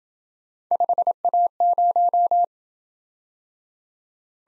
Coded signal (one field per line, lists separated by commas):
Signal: Morse code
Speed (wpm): 26 wpm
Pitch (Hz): 700 Hz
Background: none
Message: 5A0